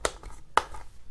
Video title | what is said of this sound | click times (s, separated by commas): DEMO boîte de rangement tampons | on entend bien le clic le plastique c'est du solide pour | 0.1 s, 0.6 s